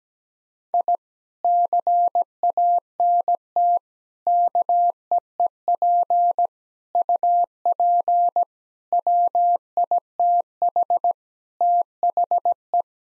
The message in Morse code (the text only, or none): I CANT KEEP UP WITH THE